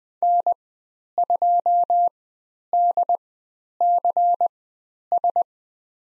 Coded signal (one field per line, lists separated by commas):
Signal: Morse code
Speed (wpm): 20 wpm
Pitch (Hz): 700 Hz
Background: none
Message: N2DCS